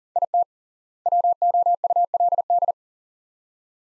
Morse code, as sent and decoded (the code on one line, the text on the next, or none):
.. - / .-- --- ..- .-.. -..
IT WOULD